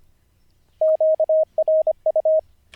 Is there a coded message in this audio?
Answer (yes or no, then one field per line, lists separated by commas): yes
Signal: Morse code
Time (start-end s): 0.8-2.4 s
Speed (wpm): 25 wpm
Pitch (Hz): 630 Hz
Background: radio noise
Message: QRU